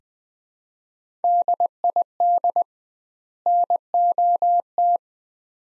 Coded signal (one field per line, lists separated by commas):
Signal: Morse code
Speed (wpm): 20 wpm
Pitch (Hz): 700 Hz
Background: none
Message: DID NOT